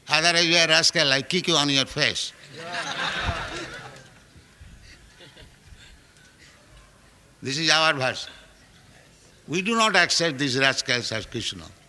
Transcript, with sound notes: Otherwise you are rascal, I kick you on your face." [laughter] This is our version. We do not accept these rascals as Kṛṣṇa.